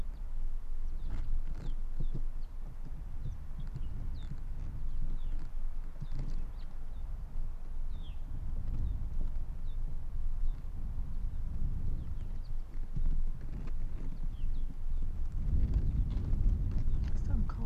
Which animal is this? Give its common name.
Arctic Fox